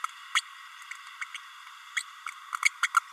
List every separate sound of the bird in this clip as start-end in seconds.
0.34-0.41, 1.21-1.24, 1.34-1.37, 1.96-2.03, 2.65-2.70, 2.82-2.87, 2.96-2.99